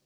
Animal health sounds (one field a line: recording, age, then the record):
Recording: pig call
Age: piglet (1 to 25 days)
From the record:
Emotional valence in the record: positive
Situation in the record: reunion after long isolation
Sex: male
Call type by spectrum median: high-frequency call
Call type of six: low-frequency tonal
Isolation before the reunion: 8 minutes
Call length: 0.06 s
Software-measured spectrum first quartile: 448 Hz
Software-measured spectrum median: 2999 Hz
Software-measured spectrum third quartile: 8198 Hz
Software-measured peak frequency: 158 Hz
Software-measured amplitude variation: 2 dB a second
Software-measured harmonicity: 2.0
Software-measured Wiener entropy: -1.24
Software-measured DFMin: 783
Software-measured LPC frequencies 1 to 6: 476, 1648, 3068, 4598, 5472, 6079 Hz